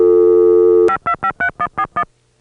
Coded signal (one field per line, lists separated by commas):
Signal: DTMF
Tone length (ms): 80 ms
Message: 5253141